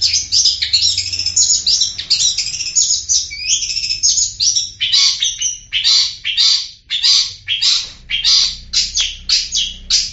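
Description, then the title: Long-tailed shrike song, a dense stream of scratchy, squeaky and chattering notes in quick, uneven bursts, with some lower clipped notes mixed in. "cendet"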